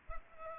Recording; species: mosquito wingbeat signal from an infrared sensor; Culex pipiens